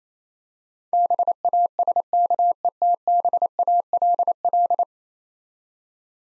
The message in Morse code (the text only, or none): BASKETBALL